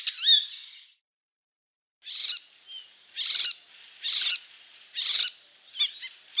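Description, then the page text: Icterine warbler song: harsh, grating bursts repeated about once a second, with short thin whistles slipped between them. "Пересмешка зелёная. - Голоса птиц."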